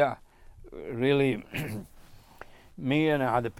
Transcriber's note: clears throat